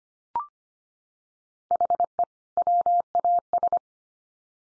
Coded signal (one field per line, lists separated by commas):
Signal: Morse code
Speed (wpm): 25 wpm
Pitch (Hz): 700 Hz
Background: none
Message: HE WAS